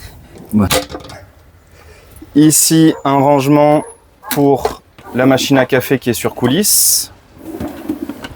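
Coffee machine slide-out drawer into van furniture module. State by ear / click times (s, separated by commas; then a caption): seated / 8.2 s. Someone talks while the slide-out drawer holding the coffee machine, mounted on runners in a custom-built Mercedes-Benz Sprinter 4x4 van furniture module, is pushed back into the cabinet. A short sliding sound follows, and the drawer's latch catches and locks it shut at 8.3 s.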